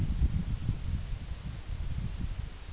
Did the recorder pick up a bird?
no